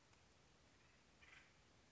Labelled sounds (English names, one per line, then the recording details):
Acorn Woodpecker
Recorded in Sonoma County, California